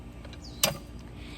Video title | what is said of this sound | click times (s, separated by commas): Deerfamy Garden Stool Review in my own BACKYARD! | and you'll hear it pop and just fold that right out | 0.6 s